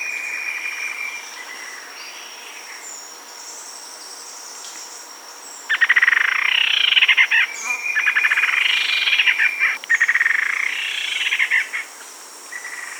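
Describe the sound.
Bird song: a quieter buzzy phrase first, then loud rapid trilled bursts from six seconds on, repeated in close series.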